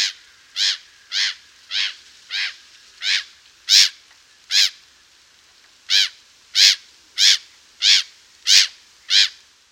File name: Gabbiano Comune